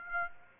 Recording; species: mosquito wingbeat signal from an infrared sensor; Aedes aegypti